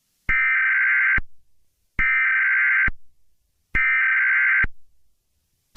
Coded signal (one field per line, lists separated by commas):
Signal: Emergency Alert System (SAME) tones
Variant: header bursts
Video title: EAS SCENARIO TUNG TUNG TUNG SAHUR (FICTIONAL)